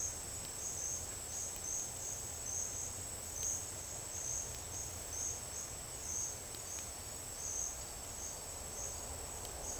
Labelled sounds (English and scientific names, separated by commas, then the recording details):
none
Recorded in dense forest near Puerto Asís, Putumayo, Colombia, on 9 March 2025 at 09:30
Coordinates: 0.481, -76.323
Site G088